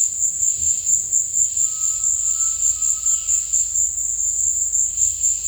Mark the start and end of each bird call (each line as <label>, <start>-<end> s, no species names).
bird call, 1.65-3.54 s